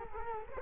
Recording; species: mosquito wingbeat signal from an infrared sensor; Culex quinquefasciatus